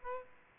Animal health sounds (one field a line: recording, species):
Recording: mosquito wingbeat signal from an infrared sensor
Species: Aedes aegypti